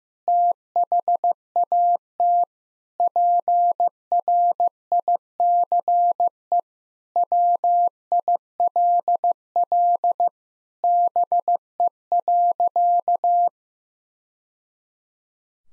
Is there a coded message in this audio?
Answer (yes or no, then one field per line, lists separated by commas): yes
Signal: Morse code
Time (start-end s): 0.3-13.5 s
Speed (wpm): 15 wpm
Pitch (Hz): 700 Hz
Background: none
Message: THAT PRICE WILL BE.